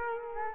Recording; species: mosquito wingbeat signal from an infrared sensor; Culex quinquefasciatus